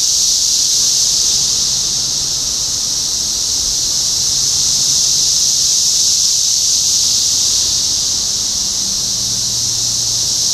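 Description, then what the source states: Continuous shrill cicada chorus, an even high-pitched whine without breaks, over a faint low background drone. Topeka, Kansas, 14 June 2015.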